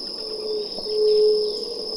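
White-tipped dove, a soft, low, steady coo swelling and fading over about a second, set against a continuous high insect buzz.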